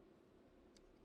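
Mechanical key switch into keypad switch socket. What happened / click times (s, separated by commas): The key switch clicked into its socket / 0.8 s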